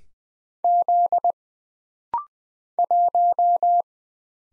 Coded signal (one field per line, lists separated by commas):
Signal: Morse code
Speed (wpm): 20 wpm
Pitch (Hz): 700 Hz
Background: none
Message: Z 1